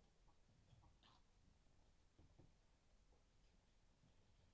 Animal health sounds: poultry house recording; sick chickens (respiratory disease)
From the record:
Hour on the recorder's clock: 22

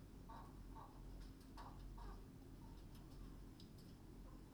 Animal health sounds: poultry house recording; healthy chickens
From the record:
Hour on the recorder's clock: 21

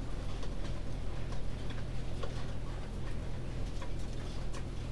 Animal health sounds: poultry house recording; no chicken sound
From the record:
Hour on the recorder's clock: 19

